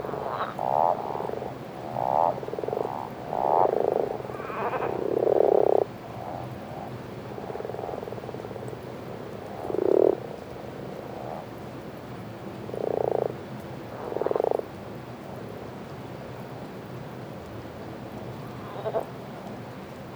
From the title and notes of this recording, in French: Grenouilles et crapauds. Etang de Beaumont - Drôme - Nagra seven - 2X mkh40. C'est la bonne nuit pour les crapauds communs (Bufo bufo) et les Grenouille rousse (Rana temporia) pour se reproduire comme tous les ans en cette fin d'hiver.